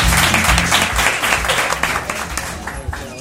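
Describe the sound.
An audience applauds, a dense, steady wash of many hands clapping that stays loud throughout, with faint voices mixed in beneath the clapping.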